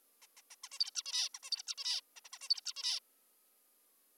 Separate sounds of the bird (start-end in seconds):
0.22-0.27, 0.37-0.42, 0.51-0.56, 0.64-0.69, 0.72-0.79, 0.80-0.91, 0.95-1.03, 1.06-1.29, 1.34-1.39, 1.43-1.50, 1.52-1.62, 1.67-1.75, 1.78-2.01, 2.16-2.20, 2.24-2.29, 2.33-2.39, 2.42-2.49, 2.50-2.61, 2.66-2.73, 2.76-3.00